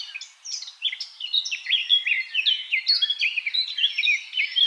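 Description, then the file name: Eurasian blackcap song: a fast, varied warble of chattering and fluty notes, high-pitched and continuous, with brief quieter dips between bursts. "Sylvia atricapilla"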